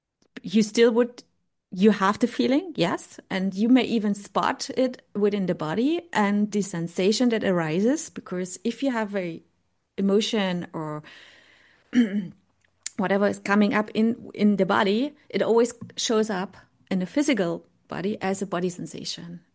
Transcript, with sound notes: You still would... you have the feeling, yes, and you may even spot it within the body and the sensation that arises because if you have a emotion or (clears throat) whatever is coming up in- in the body, it always shows up in a physical body as a body sensation.